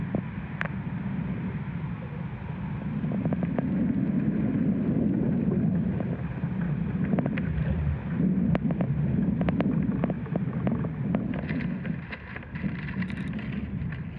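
Inside an ash tree, a dense, low rumble churns steadily, like muffled wind, swelling slightly through the middle. Sharp dry clicks and crackles pop over it irregularly, growing more frequent after about eight seconds, with a cluster of brighter ticks near the end.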